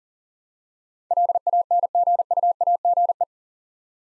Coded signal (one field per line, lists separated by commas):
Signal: Morse code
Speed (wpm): 40 wpm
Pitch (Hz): 700 Hz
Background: none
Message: LANGUAGE